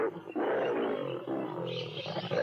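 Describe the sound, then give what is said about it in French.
Four tigers roar continuously as they chase one another around a coconut palm in the jungle, deep rumbling growls overlapping in a dense, loud, rough stream with brief dips and a harsher snarl toward the end. No one speaks. “Les quatre tigres se poursuivaient autour d'un cocotier en rugissant.”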